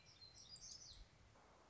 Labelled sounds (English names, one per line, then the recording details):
Black-throated Gray Warbler
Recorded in Sonoma County, California